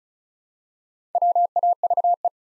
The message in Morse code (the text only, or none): WAVE